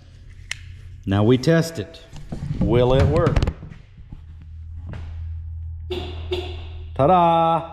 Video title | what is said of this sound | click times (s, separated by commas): 2013 VW Passat inoperative remote fixed! So easy you can do it yourself! | put this cover back on and it pops in there like that | 0.5 s